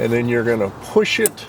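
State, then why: Not seated. Someone talks while the rounded end of a new plastic rear wiper blade is set into the rear wiper arm of a 2015–2020 Yukon, Suburban, Tahoe or Escalade, ready to be pushed toward the driver's side. Only speech and light handling are heard; nothing has seated or clicked yet.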